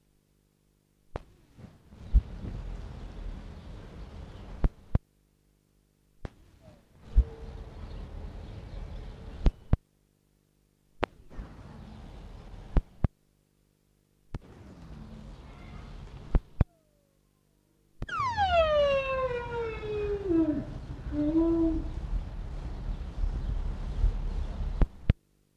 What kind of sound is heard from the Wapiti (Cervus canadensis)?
rut call